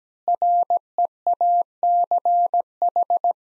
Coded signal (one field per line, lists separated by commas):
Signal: Morse code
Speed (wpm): 17 wpm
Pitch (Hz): 700 Hz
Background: none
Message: REACH